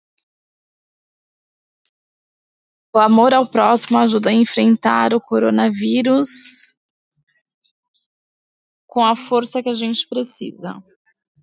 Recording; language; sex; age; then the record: spoken sentence; Brazilian Portuguese; female; 40 to 49 years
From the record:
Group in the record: control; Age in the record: 40 years